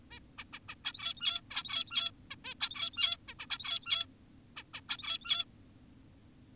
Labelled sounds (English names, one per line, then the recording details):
Zebra Finch
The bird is an adult
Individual g17y2U